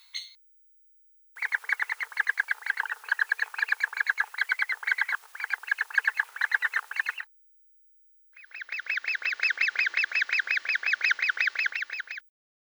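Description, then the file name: Great spotted woodpecker calls in two fast chattering runs of harsh, nasal notes, the second run more tonal and evenly spaced, with silence between runs. "dyatel bolshoy pestryy golos"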